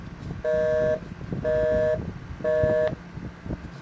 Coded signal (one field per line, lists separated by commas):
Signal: telephone call progress tone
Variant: North America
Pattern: busy tone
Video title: Fanvil 3XP IP Phone Unboxing